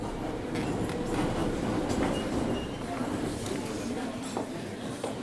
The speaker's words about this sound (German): Ich fahre mit der Minsker U-Bahn hin.